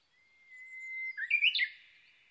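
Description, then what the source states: Japanese bush warbler song: a long, level whistle held for about a second, then a sudden loud, twisting flourish of notes. Recorded 22 May 2011 at 05:58.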